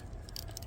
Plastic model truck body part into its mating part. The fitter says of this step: these two don't want to go back together there you hear that snap we're together now